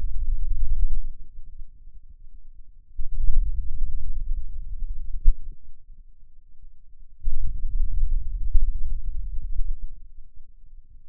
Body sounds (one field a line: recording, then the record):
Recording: forearm muscle sounds (acoustic myography)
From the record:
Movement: hand opening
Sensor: system 2, bracelet of six BSWA MPA416 microphones around the upper forearm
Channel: 1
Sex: male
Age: 22 years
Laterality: right